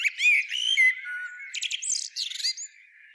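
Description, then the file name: Eurasian blackbird giving quick, squeaky whistled notes, then a run of rapid high chirps. "Turdus merula"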